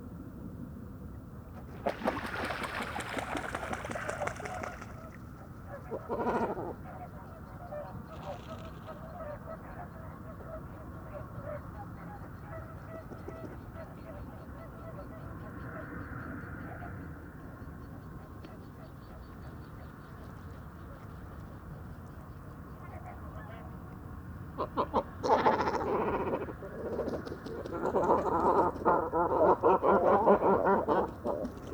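Great cormorants at an evening roost give rough, croaking and honking calls, in bursts near the start, around six seconds, and more densely over the last seven seconds. Between the bursts a low, steady rumble of distant traffic fills the background.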